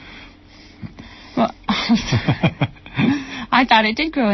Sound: laughter